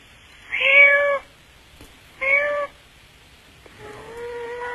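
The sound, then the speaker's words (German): A person imitates a cat, producing two loud, drawn-out meows with a rising-falling pitch, followed by a softer, longer third meow that trails off. “Wenn ich es nicht wüsste, würde ich denken, da ist, ist eine Katze.”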